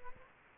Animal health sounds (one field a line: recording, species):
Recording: mosquito wingbeat signal from an infrared sensor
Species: Aedes aegypti